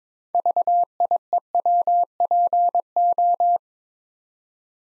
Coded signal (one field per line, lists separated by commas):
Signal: Morse code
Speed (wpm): 22 wpm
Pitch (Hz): 700 Hz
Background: none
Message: VIEWPO